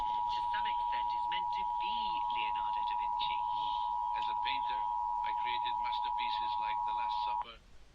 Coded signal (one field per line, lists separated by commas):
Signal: Emergency Alert System (SAME) tones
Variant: 853 and 960 Hz attention tone